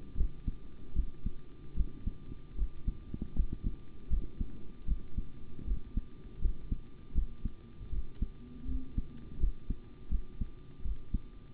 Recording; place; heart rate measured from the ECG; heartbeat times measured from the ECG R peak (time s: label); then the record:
heart sounds by stethoscope; between the tricuspid and mitral areas; 79 bpm
0.15 s: heartbeat
0.94 s: heartbeat
1.74 s: heartbeat
2.56 s: heartbeat
3.34 s: heartbeat
4.08 s: heartbeat
4.86 s: heartbeat
5.65 s: heartbeat
6.40 s: heartbeat
7.13 s: heartbeat
7.90 s: heartbeat
8.66 s: heartbeat
9.38 s: heartbeat
10.09 s: heartbeat
10.82 s: heartbeat
From the record:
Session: rest, sitting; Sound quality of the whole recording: good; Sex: male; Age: 25 years